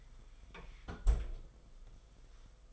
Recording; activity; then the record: daily activity, microphone in the room; close fridge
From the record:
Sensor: 5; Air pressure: 991.2 hPa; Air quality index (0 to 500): 114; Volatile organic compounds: 32 ppm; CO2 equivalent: 2991 ppm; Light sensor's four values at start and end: 34/108/41/44 and 34/107/41/43